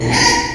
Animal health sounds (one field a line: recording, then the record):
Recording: squeal of a Yucatan mini pig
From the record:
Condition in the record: before surgery on the right vocal fold (resection and tissue-engineered implant)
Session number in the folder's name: 2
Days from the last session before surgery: 0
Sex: male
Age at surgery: 12 weeks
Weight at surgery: 13 kg